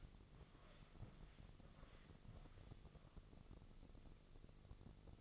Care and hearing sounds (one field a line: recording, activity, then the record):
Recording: daily activity, microphone in the room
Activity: walk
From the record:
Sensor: 4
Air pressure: 1001.3 hPa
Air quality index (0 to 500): 174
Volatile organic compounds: 2 ppm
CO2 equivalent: 1252 ppm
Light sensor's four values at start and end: 14/33/14/14 and 15/34/14/14